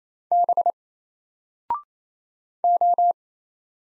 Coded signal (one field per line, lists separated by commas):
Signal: Morse code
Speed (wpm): 27 wpm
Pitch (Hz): 700 Hz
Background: none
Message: B O